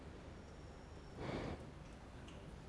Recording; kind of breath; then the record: one breath in and out by a microphone near the nose and mouth; normal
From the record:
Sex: male